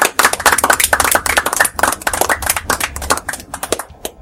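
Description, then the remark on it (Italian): A small group at a weekly dinner gathering applauds with brisk, irregular clapping that stays fairly loud for about four seconds, thinning a little toward the end, with no voices over it. “Applausi.”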